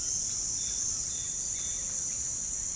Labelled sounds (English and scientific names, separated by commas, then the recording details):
none
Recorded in pastures near Puerto Asís, Putumayo, Colombia, on 30 June 2025 at 07:30
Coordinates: 0.466, -76.322
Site GP07